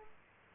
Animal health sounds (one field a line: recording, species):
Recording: mosquito wingbeat signal from an infrared sensor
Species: Aedes aegypti